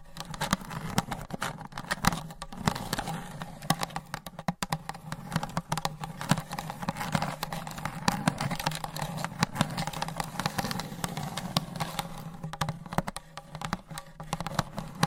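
Long nails tap and scratch on hollow boxes in a dense, steady stream of quick clicks and scrapes that runs the whole fifteen seconds. A low hollow hum of resonance sits underneath, with brief pauses near four and twelve seconds.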